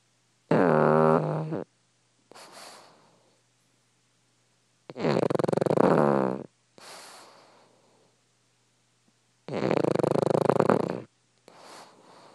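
Three breath cycles, roughly 13 per minute, from a pug at rest. Each is a loud buzzing, rattling inhaled snore lasting over a second, followed by a softer, airy exhalation.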